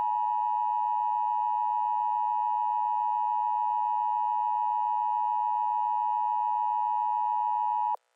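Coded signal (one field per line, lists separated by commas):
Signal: Emergency Alert System (SAME) tones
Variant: 853 and 960 Hz attention tone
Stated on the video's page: Fictional emergency alert scenario about a tornado, not a real activation.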